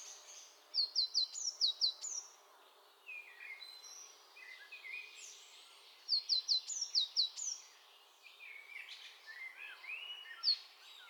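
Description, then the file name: Eurasian blue tit giving two bursts of sharp, high, downslurred notes in quick series, with other bird calls chattering and twittering in between. "Cyanistes caeruleus"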